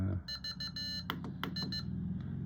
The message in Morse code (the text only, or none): VI